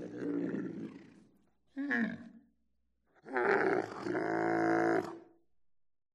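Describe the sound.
Camel grumbling vocalisations: rough throaty groans and a brief gurgle, followed by a long, loud, tonal bellow that fades out.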